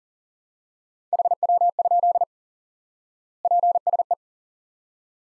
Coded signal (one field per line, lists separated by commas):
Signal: Morse code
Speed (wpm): 40 wpm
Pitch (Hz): 700 Hz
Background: none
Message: HW? PSE